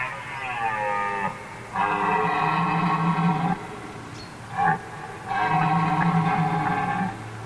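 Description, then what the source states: Red deer stag bellowing: three long, deep, rough roars separated by pauses. Stag's bellow (brame) during the rutting season, heard in the forest in autumn.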